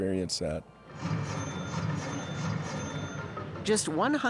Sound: soundbite of casino slot machines ringing